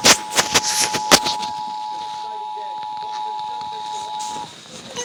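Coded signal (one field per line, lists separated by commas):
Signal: Emergency Alert System (SAME) tones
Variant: 853 and 960 Hz attention tone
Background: speech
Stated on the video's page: IPAWS weekly test heard on FM radio station 105.9.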